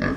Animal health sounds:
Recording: pig call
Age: growing-finishing pig (85 days or more)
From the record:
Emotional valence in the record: negative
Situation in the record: barren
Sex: male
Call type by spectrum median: low-frequency call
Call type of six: low-frequency stable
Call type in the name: low-frequency stable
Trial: 4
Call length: 0.17 s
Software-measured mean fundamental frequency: 49 Hz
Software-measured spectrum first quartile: 235 Hz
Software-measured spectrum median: 547 Hz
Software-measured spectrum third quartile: 1444 Hz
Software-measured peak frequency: 255 Hz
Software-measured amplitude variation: 143 dB a second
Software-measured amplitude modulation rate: 24.1 a second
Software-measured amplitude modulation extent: 5.9 dB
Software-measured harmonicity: 1.1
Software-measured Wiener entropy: -1.48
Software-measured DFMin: 747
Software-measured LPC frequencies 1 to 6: 351, 1207, 1733, 2255, 3285, 4472 Hz

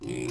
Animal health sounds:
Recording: pig call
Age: weaner (32 to 43 days)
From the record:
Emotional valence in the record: negative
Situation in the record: novel object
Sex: female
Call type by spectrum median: low-frequency call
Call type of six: mixed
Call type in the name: high-frequency modulated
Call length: 0.31 s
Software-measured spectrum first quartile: 295 Hz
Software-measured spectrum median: 596 Hz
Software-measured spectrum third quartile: 3950 Hz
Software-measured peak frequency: 344 Hz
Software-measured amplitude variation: 133 dB a second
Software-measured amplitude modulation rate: 32.2 a second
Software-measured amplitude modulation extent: 4.1 dB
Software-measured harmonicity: 4.3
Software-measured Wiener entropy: -3.70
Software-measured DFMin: 703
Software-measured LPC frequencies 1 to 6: 351, 2395, 3433, 5154, 6158, 6968 Hz

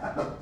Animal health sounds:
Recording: pig call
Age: growing-finishing pig (85 days or more)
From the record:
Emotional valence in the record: positive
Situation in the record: run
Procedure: transit

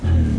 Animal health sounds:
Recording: pig call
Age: growing-finishing pig (85 days or more)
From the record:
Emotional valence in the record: positive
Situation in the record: enriched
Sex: female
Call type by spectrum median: low-frequency call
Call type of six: low-frequency stable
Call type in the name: low-frequency stable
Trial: 2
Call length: 0.40 s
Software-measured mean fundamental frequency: 41 Hz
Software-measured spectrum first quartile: 82 Hz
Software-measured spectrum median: 119 Hz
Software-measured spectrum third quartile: 231 Hz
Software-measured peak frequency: 89 Hz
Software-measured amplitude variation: 113 dB a second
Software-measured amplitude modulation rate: 30.4 a second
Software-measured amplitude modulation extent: 3.7 dB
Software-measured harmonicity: -3.6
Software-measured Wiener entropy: -1.93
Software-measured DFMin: 651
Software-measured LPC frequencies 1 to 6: 1634, 3000, 3836, 4663, 6129, 7149 Hz

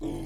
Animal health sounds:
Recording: pig call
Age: weaner (32 to 43 days)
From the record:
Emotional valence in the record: negative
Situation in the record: negative conditioning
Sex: female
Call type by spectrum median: low-frequency call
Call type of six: low-frequency stable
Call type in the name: low-frequency stable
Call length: 0.26 s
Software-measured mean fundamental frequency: 67 Hz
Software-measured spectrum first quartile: 150 Hz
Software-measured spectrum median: 303 Hz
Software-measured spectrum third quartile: 481 Hz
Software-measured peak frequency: 315 Hz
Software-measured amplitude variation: 118 dB a second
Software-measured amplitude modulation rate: 28.8 a second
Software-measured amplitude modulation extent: 4.1 dB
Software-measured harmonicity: 3.2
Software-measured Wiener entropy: -0.31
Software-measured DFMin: 1227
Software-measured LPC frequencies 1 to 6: 340, 802, 2158, 3227, 4002, 4941 Hz

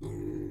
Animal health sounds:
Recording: pig call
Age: weaner (32 to 43 days)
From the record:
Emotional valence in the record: negative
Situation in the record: negative conditioning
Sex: female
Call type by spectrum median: low-frequency call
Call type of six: low-frequency stable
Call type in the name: low-frequency stable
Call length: 0.51 s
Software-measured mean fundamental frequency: 48 Hz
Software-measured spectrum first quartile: 124 Hz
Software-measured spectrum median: 273 Hz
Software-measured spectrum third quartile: 366 Hz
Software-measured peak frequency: 321 Hz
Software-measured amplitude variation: 135 dB a second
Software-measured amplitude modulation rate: 39.2 a second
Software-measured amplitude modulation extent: 3.4 dB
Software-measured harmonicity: 1.4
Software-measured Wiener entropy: -0.12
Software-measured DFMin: 1050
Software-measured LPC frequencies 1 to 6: 332, 1903, 3482, 4869, 6923, 7941 Hz

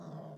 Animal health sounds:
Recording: pig call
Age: piglet (1 to 25 days)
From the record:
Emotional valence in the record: negative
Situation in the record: long isolation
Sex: male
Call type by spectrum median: low-frequency call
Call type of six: low-frequency stable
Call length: 0.38 s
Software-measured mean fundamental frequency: 53 Hz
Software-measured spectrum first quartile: 169 Hz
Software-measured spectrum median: 332 Hz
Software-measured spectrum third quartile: 682 Hz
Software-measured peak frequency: 170 Hz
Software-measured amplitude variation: 123 dB a second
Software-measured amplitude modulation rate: 29.0 a second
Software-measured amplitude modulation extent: 4.2 dB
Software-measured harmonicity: 2.0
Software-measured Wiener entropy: -0.11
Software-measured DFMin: 1524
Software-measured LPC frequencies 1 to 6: 612, 3342, 3780, 4888, 5617, 6387 Hz

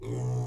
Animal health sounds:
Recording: pig call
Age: weaner (32 to 43 days)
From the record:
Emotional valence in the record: negative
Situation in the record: novel object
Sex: female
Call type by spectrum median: low-frequency call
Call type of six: low-frequency stable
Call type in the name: low-frequency stable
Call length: 0.48 s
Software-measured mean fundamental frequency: 61 Hz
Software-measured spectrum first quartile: 122 Hz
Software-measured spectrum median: 183 Hz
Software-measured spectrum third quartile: 519 Hz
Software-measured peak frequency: 411 Hz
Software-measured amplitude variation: 58 dB a second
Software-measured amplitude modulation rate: 24.1 a second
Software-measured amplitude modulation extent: 2.4 dB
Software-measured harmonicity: 1.5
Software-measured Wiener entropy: -0.63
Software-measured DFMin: 939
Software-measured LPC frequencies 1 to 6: 2145, 3160, 3619, 4980, 6727, 7355 Hz

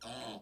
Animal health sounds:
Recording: pig call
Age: piglet (1 to 25 days)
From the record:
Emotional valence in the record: negative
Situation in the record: restrain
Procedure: sham castration, fixation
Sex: male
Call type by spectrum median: low-frequency call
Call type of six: mixed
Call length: 0.42 s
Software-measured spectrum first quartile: 546 Hz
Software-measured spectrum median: 1411 Hz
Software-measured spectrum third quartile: 3958 Hz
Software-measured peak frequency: 682 Hz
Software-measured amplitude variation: 99 dB a second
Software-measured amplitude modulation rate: 23.5 a second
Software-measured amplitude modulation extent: 4.2 dB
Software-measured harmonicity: 0.7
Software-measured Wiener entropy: -1.76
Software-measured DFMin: 734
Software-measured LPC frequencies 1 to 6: 685, 1396, 3184, 4010, 5490, 6402 Hz

